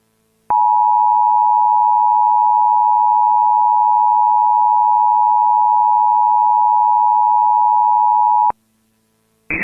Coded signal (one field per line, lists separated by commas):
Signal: Emergency Alert System (SAME) tones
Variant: 853 and 960 Hz attention tone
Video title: EAS Recreation (3/19/25): Chicago SVR Troubles